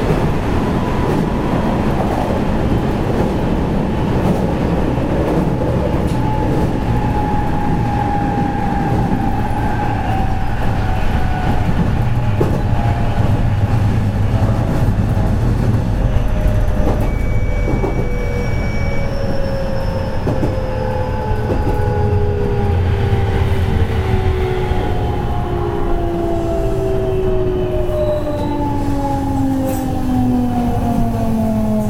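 A 207 series electric train running on the JR Kobe Line, heard as a steady, heavy rumble throughout. Motor whine slides gradually downward in pitch as the train slows, and a brief higher tone appears around the middle.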